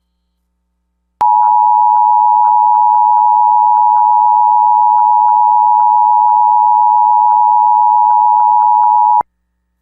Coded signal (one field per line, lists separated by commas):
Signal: Emergency Alert System (SAME) tones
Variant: 853 and 960 Hz attention tone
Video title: EAS - Severe Thunderstorm Warning - Mesa, CO | 6/27/24